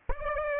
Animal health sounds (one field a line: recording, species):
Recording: mosquito wingbeat signal from an infrared sensor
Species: Aedes aegypti